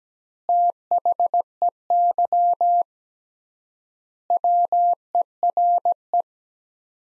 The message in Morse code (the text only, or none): THEY WERE